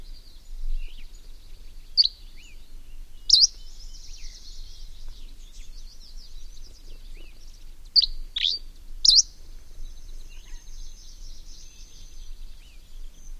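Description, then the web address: Dusky Flycatcher giving short, sharp high notes in two bursts, around two to three and a half and eight to nine seconds in, over a steady high buzzing background. "Songs of Birds of North America Know Your Bird Sounds Common Western Species. Dusky Flycatcher"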